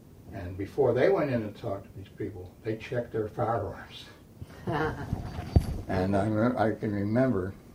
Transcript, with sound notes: And before they went in to talk to these people they checked their firearms.
(laughs) Uh huh.
And I remem—I can remember